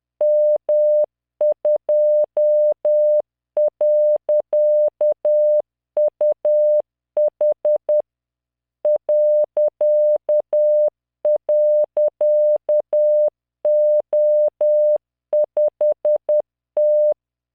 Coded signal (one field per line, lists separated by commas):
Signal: Morse code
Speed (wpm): 10 wpm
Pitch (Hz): 600 Hz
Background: none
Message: M2.UH ..O5T